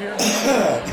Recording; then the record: coughing mixed with background sound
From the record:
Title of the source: Spring Cold Coughing 3